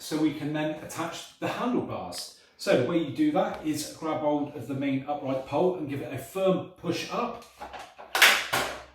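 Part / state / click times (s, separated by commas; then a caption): electric scooter stem folding latch / seated / 8.1 s. Someone talks while the main upright pole of a Segway Ninebot ES2L electric scooter is grabbed and given a firm push up to unfold the stem. The folding stem latch clicks into place at 8.2 s, a sharp click heard over the talking that shows the stem has seated.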